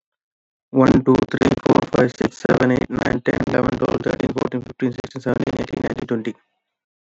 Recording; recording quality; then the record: counting at a fast pace; moderate, slight background noise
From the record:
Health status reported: COVID-19 positive, no symptoms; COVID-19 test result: positive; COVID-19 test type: RT-PCR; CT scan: not taken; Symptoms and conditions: cough, fever, muscle pain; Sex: male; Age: 33 years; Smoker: yes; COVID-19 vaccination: both doses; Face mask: not worn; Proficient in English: yes